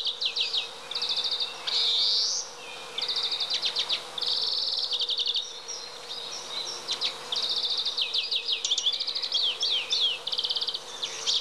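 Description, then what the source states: European greenfinch singing: fast trilled and twittering phrases, repeated buzzy rattles and a drawn-out wheezy note, with brief pauses between bursts. Singing, easy to recognise by its characteristic cry.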